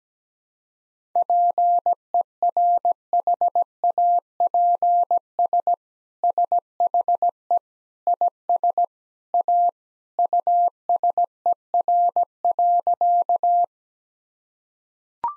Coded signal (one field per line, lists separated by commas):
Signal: Morse code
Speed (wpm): 17 wpm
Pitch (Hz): 700 Hz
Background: none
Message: PERHAPS SHE IS A USER.